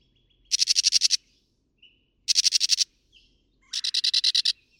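Northern mockingbird delivering three rapid buzzy rattles, each made of several quick notes, separated by short pauses with faint soft notes between.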